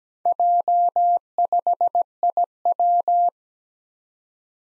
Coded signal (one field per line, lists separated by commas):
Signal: Morse code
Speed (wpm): 17 wpm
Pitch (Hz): 700 Hz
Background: none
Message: J5IW